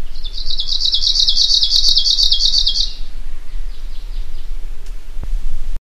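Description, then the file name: Arctic warbler song, a quick chattering high trill held for nearly three seconds, followed by a few faint softer notes and occasional clicks. "suara nyanyian burung cikrak kutub. omkicau"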